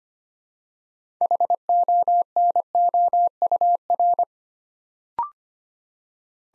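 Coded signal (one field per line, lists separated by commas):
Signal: Morse code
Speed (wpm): 25 wpm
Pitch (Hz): 700 Hz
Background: none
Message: HONOUR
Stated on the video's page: Morse practice set at 25 wpm building six-letter words three letters at a time for instant character recognition.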